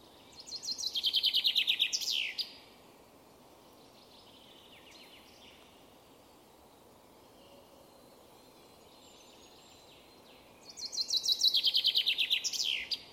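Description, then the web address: Common chaffinch singing two phrases about ten seconds apart, each a quick descending trill of sharp notes closing with an emphatic flourish, against soft constant background noise. "Deverinetal"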